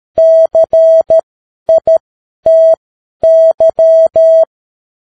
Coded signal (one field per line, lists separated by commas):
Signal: Morse code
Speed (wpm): 13 wpm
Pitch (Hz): 650 Hz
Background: none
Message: CITY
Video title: Morse Code 10 WPM: The Science of Getting Rich - Chapter 2